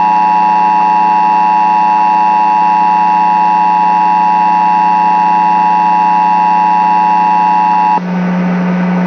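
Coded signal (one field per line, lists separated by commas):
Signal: Emergency Alert System (SAME) tones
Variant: 853 and 960 Hz attention tone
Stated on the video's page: Recreated required weekly tests, one from Puerto Rico and one from NOAA Weather Radio station KWO35.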